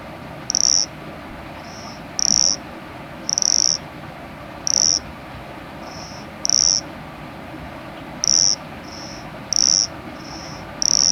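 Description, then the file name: Cricket chirping in high, tonal pulses, loud ones alternating irregularly with fainter ones, roughly every second, over a soft steady hiss. "Nesobia mjobergi"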